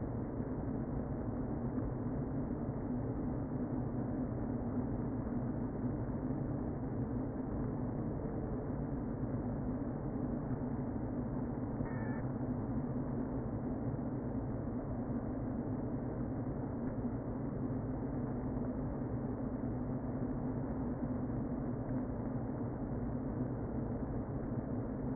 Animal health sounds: honeybee colony, microphone inside the hive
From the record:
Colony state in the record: queen present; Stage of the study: before two queens were removed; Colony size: about 60,000 bees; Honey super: yes

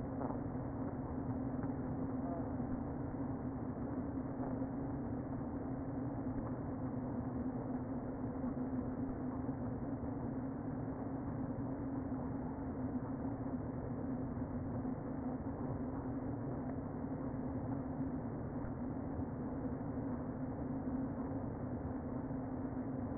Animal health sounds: honeybee colony, microphone inside the hive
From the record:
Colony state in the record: queen present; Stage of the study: before two queens were removed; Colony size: about 60,000 bees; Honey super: yes

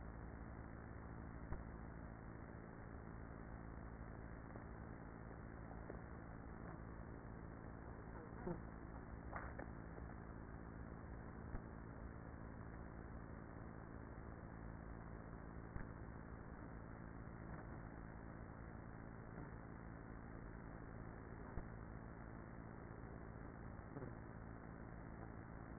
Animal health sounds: honeybee colony, microphone inside the hive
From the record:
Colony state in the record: queenless with a low population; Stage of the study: after two queens were removed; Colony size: about 30,000 bees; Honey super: no

